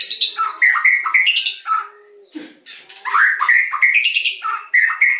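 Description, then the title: White-rumped shama singing rapid, jumbled phrases of fluty whistles and chattery notes, broken midway by a brief low, harsh buzz before the fast warbling resumes. Lure song used to provoke a response from other shamas; the bird is described as singing persistently and energetically (gacor). "PANCINGAN MEWAH MURAI BATU GACOR"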